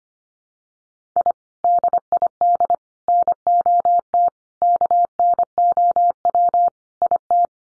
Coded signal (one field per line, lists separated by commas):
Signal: Morse code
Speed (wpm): 25 wpm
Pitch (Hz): 700 Hz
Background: none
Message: I DID NOT KNOW IT